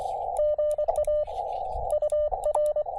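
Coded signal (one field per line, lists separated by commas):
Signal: Morse code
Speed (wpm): 24 wpm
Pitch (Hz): 600 Hz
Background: radio noise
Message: GA UR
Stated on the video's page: POTA/SOTA CW activation with a KX2 and 17-foot vertical; short pile-ups on 20m, then 15m contacts including England.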